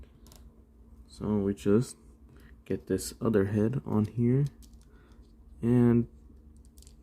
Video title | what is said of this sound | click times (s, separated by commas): Mafex Spider-Man: Far from Home Action Figure Review. | get it just right and it just pops right in right there | 6.8 s, 6.9 s